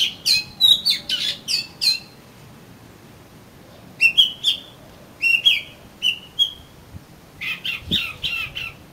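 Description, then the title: Oriental magpie-robin song in three bursts of scratchy notes and rising whistled slurs, separated by short silences. "Kacer Kacer"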